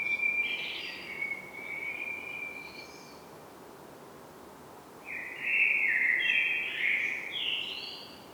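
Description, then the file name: Common blackbird with two melodious whistled phrases separated by a pause, each breaking into thin, high squeaky notes near the end, over soft steady background noise. "Turdus merula"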